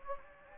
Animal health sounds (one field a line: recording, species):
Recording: mosquito wingbeat signal from an infrared sensor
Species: Anopheles gambiae